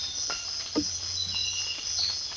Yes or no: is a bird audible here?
no